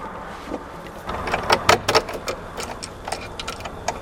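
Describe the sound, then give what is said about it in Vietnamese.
A key scrapes and rattles in a door lock at a fortress in Goliad, Texas, with a run of sharp metallic clicks and jiggles as someone tries unsuccessfully to turn it, then a few lighter taps trailing off. “Thử lấy chìa khóa mở coi.”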